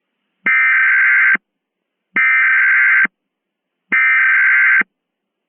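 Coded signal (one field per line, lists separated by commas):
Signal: Emergency Alert System (SAME) tones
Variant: header bursts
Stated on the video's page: Mock EAS scenario with valid EAS tones, not a real alert.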